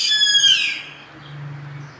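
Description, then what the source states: Bird screech already underway, harsh and hissing, dying away within under a second, followed by a low steady hum. Recorded in Brazil.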